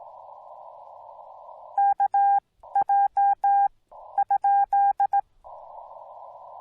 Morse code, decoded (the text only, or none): KJ?